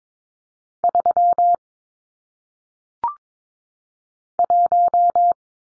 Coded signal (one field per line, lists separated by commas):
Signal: Morse code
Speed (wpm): 22 wpm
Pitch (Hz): 700 Hz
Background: none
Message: 3 1